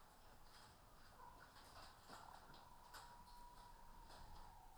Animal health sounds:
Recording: poultry house recording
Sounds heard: healthy chickens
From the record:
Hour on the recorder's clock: 14

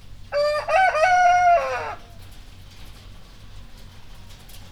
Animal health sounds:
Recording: poultry house recording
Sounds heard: healthy chickens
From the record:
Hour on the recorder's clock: 0

